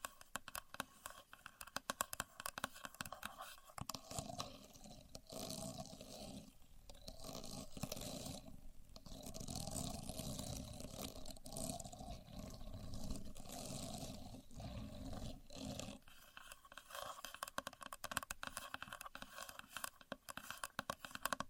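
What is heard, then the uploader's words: A contour gauge being pressed and handled, its many pins rattling and scraping in a dense, rough clatter with no speech. The noise runs steadily for most of the clip, broken by brief quieter gaps near 4, 9 and 16 seconds, with sharp clicks scattered throughout. Using A Contour Gauge (No Talking).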